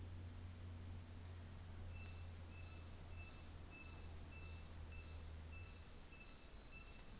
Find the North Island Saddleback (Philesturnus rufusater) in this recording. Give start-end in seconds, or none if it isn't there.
1.87-7.16